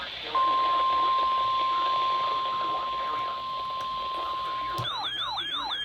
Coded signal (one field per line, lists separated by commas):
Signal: Emergency Alert System (SAME) tones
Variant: 1050 Hz attention tone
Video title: May 4th Madness EAS# 473-499 from 5/4/21